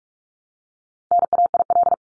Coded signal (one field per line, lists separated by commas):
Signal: Morse code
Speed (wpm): 44 wpm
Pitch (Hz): 700 Hz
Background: none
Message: NAIL